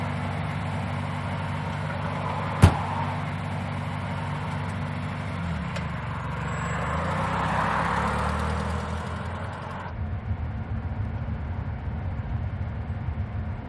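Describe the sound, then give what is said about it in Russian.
A car drives steadily along a road at night, its low engine hum and road noise rumbling throughout, with a single sharp click early on and the engine tone shifting midway before settling near the end. “Девушка садится в машину.”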